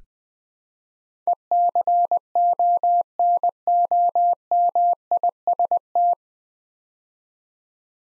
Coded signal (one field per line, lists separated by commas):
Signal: Morse code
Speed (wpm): 20 wpm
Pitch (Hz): 700 Hz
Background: none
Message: ECONOMIST